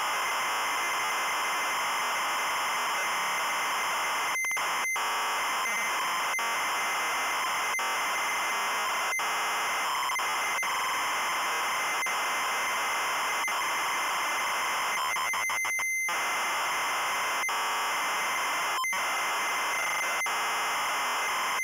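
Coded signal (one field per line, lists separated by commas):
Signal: ZX Spectrum tape loading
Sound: harsh continuous screeching data warble with two brief dropouts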